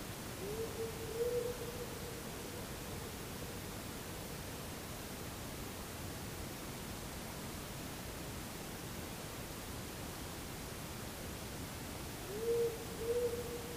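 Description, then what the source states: Powerful owl hoots: a low, soft double hoot near the start and another just before the end, separated by long silence under steady hiss. Recorded in May 2010 at Honeysuckle NFR.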